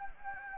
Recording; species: mosquito wingbeat signal from an infrared sensor; Anopheles gambiae